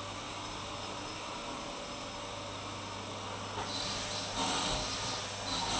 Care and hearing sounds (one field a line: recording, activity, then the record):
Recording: daily activity, microphone in the room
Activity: vacuum cleaning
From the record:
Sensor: 1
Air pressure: 991.0 hPa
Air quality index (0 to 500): 118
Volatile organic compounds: 173 ppm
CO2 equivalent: 4118 ppm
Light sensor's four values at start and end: 19/44/18/20 and 19/44/19/20